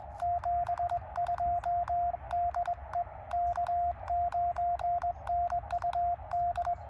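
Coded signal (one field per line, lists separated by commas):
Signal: Morse code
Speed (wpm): 20 wpm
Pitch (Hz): 700 Hz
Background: radio noise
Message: 72 DE K9NUD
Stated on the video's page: Parks on the Air QRP activation of a park in Illinois, fast-paced, sent with a KX2 and KXPD3 paddles used as a cootie, into a 9:1 vertical.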